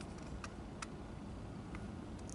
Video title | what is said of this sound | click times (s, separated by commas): How To Change The Battery & Trouble Shoot Fire Alarm BRK Electronics Model # 4120B | You heard that click? | 0.8 s